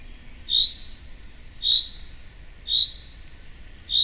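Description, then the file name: Common chaffinch calls: a short, sharp note repeated about once a second, four times, over a faint steady background hiss. "Fringilla coelebs"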